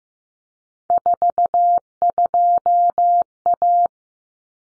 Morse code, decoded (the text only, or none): 42A